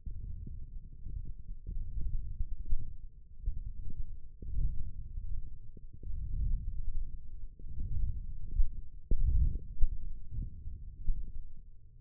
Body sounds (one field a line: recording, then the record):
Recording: forearm muscle sounds (acoustic myography)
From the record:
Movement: wrist extension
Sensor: system 1, eight BSWA MPA416 microphones around the upper forearm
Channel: 4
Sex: male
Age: 21 years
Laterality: right